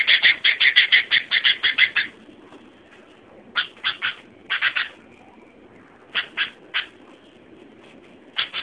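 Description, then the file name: Sooty-headed bulbul singing a fast run of sharp chirps, then scattered short groups of notes after a gap. "suara burung kutilang"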